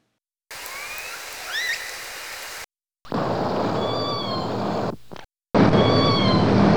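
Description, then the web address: Orca calls: three separate bursts, first with rising whistled sweeps, then two noisy segments each holding a harmonic, gently falling squeal, over a loud rushing background. "Nora Learning Orca Calls"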